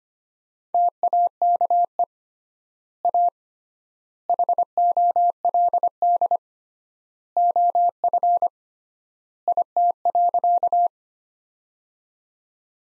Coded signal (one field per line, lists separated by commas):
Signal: Morse code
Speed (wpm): 25 wpm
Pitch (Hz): 700 Hz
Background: none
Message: TAKE A HOLD OF IT.